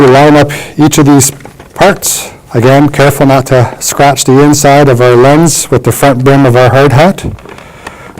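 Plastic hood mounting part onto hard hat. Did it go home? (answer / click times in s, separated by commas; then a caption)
yes / 7.9 s. While assembling an Oberon TCG Series arc flash suit hood onto a hard hat, someone talks as a plastic hood mounting part is lined up and pushed onto the hard hat. After the talking stops, a few faint taps sound, and the part snaps into place with a sharp click at 7.9 s, leaving it locked and secure.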